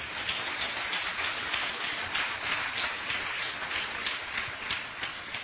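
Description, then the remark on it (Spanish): A church audience applauds to praise God during a sermon, many hands clapping in a dense, steady patter that holds at an even level for several seconds with no voices over it. “¿Cuántos alaban a Dios? Den un aplauso al Señor.”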